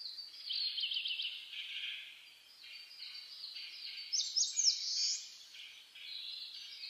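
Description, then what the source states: Bird chorus of high rapid twittering and trilled notes, several singers overlapping, with a bright loud flourish midway. Dawn chorus (reimei) of birdsong (saezuri), recorded on 10 May 2010 at 04:01.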